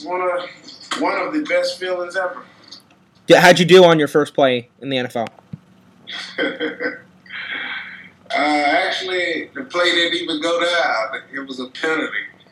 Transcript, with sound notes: One of the best feelings ever.
How did you do on you first play in the NFL?
(Laughs) Actually, the play didn’t even go down. It was a penalty.